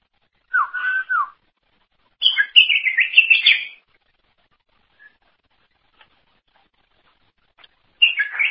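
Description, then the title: Greater green leafbird giving short song bursts: a brief whistled phrase, then a scratchy twittering run, and another phrase starting at the end. "Cucak ijo"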